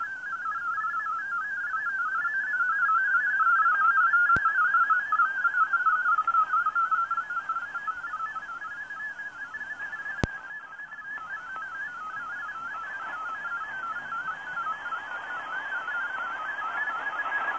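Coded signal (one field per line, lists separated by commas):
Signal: multi-tone FSK (Olivia or MFSK type)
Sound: rapid warbling melody of short stepped tones hopping in a narrow band, continuous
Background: radio static, two clicks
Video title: 5850 kHz WRMI Broadcasting Digital Modes - Sony ICF-SW7600GR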